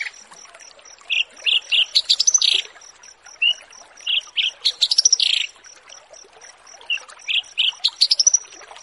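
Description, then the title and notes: Bushlark song: short high chirps building into quick buzzy trills, repeated in bursts every few seconds, with a thin continuous high hum behind. Bird-keeping song tutoring recording (masteran) of bushlark song, for training birds. "Branjangan VS BURGER Masteran Mewah 1. burung BRANJANGAN"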